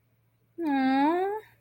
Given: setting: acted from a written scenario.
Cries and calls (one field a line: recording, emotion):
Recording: vocal sound without words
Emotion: adoration